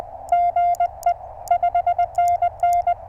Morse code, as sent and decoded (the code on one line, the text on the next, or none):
--. . / ..... -. -.
GE 5NN